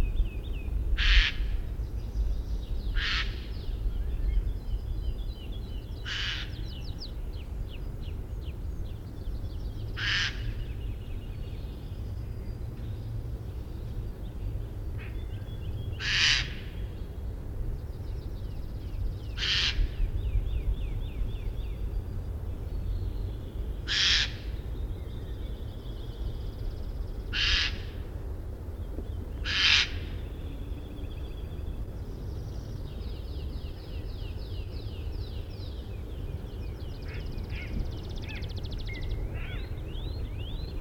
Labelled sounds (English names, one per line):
Eurasian Jay call